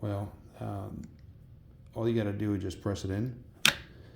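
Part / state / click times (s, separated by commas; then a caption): plastic cheek rest into rifle stock / seated / 3.7 s. A 3D-printed plastic cheek rest for an RTI Prophet air rifle is slid down the rail of the stock until it stops and rocks, then pressed in. Someone talks, then a sharp click is heard at 3.7 s as the cheek rest snaps and locks into place on the stock.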